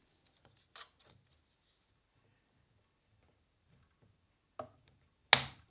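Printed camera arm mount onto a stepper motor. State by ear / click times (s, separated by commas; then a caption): seated / 5.3 s. A 3D-printed plastic camera arm mount is handled with a few quiet knocks, then pressed onto a stepper motor. At 5.3 seconds it gives a single loud, sharp snap as it seats firmly in place.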